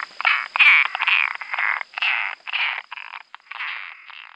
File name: Rana latouchtii